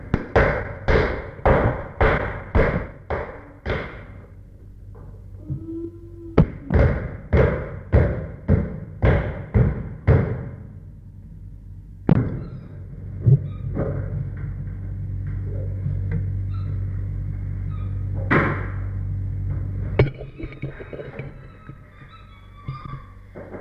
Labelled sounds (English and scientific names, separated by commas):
Chimpanzee (Pan troglodytes)